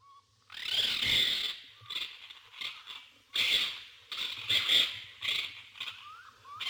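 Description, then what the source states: Common raccoon giving harsh, raspy screeching bursts in uneven clusters, mixed with brief rising whistled chirps, over a faint low hum. Recorded in a wetland area at Sissonne, France.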